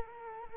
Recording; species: mosquito wingbeat signal from an infrared sensor; Culex quinquefasciatus